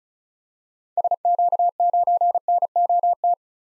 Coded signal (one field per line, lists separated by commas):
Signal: Morse code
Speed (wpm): 36 wpm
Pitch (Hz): 700 Hz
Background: none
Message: SQ9NOT